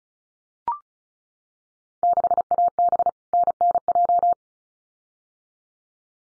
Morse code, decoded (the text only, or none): 6AB NNJ